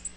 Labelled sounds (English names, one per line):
Black-throated Green Warbler flight call